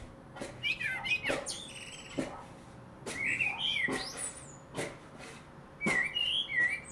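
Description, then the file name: Common blackbird whistles and high twittering notes, mixed with repeated sharp clicks or taps throughout. "Turdus merula"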